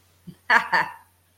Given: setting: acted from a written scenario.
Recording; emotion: vocal sound without words; amusement